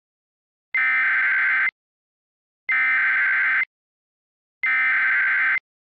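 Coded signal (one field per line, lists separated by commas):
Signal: Emergency Alert System (SAME) tones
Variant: header bursts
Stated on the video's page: Recreation of an EAS traffic alert with valid EAS tones.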